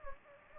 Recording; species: mosquito wingbeat signal from an infrared sensor; Anopheles gambiae